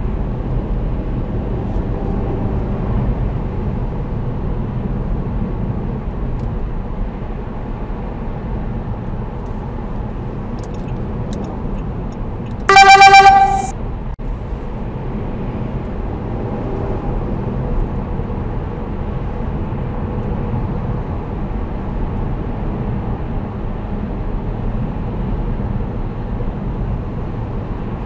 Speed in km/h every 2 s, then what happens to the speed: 64, 69, 68, 67, 65, 65, 67, 66, 79, 80, 78, 68, 62, 59.
0-20 speeds up to 78. 20-28 slows to 59.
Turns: none.